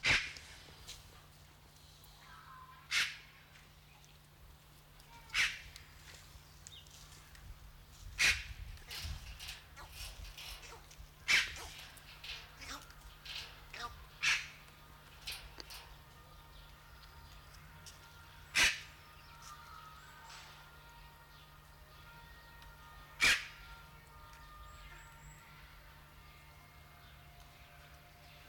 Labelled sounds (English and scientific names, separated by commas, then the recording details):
Red-billed Chough (Pyrrhocorax pyrrhocorax) call, Northern Bald Ibis (Geronticus eremita)
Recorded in captivity
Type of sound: call
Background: Geronticus eremita
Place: Zoo Berlin, Berlin, DE
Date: 1995-02-25 11:35
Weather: wolkig, 3°C
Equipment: Marantz CP 430, Sennheiser ME 80, Kopie Uher Variocord 263
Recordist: Tembrock, Günter
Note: Rufe eines Tieres. Entfernung 20 m